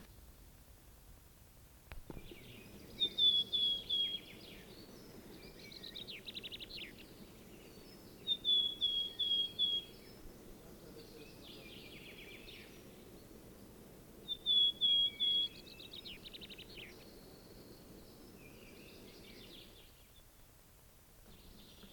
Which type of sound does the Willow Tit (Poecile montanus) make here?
song